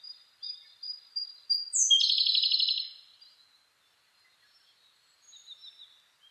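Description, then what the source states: Siberian blue robin song: short, high, piping notes build into a strong, quick, stuttering trill, then faint high notes. Recorded 2 June 2010 at 08:36.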